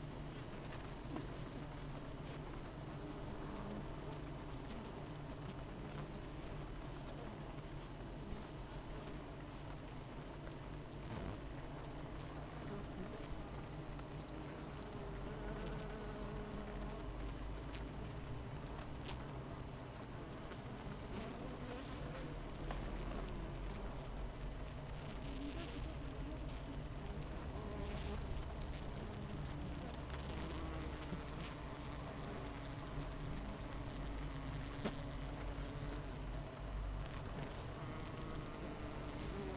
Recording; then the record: honeybee colony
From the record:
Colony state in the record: missing queen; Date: 14 July 2017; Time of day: 7:33